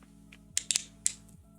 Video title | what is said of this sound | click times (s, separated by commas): Love letter for 3 legged thing | So like this, and it goes up. You can hear the click, | 0.6 s, 1.1 s